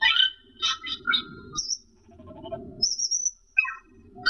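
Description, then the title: Asian glossy starling song: bursts of harsh chattering notes, then a thin high whistle and scattered squeaky calls. "Suara Burung Cucak keling"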